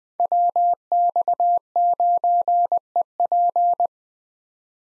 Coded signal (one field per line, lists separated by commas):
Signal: Morse code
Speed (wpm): 20 wpm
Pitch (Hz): 700 Hz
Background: none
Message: WX9EP